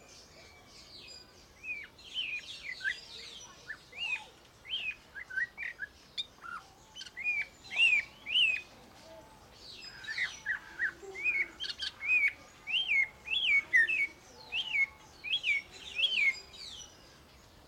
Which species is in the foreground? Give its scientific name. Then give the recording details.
Cossypha niveicapilla. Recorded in captivity. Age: adult. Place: Zoo Berlin, Berlin, DE. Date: 1992-08-22 12:10. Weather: heiter, 17-20°C. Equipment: Marantz CP 430, Sennheiser ME 80, Kopie Tesla B 116. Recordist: Tembrock, Günter